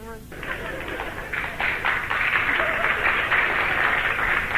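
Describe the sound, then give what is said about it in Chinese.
Scattered applause from a small audience at the show Beijing Happy Time 2018, a thin patter of clapping that starts after a brief harmonic tone and builds slightly, staying steady and moderate throughout; the few people clapping are southerners. “那个鼓掌的人不多呀，鼓掌的人都是南方人。”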